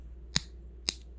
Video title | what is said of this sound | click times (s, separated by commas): First Review of this channel!! LETS GOOOO! 50 Sub special | Like two clicks, it might be two clicks, and then do the same thing on the other side. | 0.4 s, 0.9 s